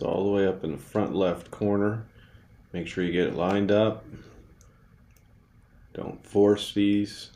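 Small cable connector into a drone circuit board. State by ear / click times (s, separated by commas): not seated / none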